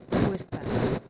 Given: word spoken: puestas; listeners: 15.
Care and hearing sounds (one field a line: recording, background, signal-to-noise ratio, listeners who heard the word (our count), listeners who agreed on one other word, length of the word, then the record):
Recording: one Spanish word in noise, from a listening test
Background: noise modulated by one talker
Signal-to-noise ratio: -8.8 dB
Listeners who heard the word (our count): 2 of 15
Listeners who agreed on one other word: 11 of 15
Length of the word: 0.70 s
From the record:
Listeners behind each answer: 11, 2, 1, 1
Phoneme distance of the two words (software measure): 10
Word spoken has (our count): 2 syllables, 7 phonemes, stress on syllable 1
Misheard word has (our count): 2 syllables, 7 phonemes, stress on syllable 1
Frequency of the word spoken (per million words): 10.16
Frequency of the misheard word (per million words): 5.29